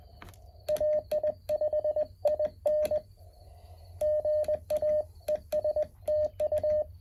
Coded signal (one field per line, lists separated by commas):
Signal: Morse code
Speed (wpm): 20 wpm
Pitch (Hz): 610 Hz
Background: none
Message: AI5IN GA ES TU